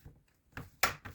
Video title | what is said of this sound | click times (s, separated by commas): ASUS VivoBook 17 Keyboard & Palmrest Replacement – Fix Dead Keys - Disassembly | Insérez le spudger ici et travaillez sur les bords. Vous entendrez un petit clic | 0.8 s